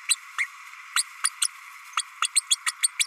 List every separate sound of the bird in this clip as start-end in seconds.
0.08-0.16, 0.38-0.46, 0.95-1.04, 1.23-1.29, 1.41-1.48, 1.97-2.02, 2.22-2.28, 2.35-2.44, 2.50-2.58, 2.66-2.71, 2.82-2.91, 2.99-3.06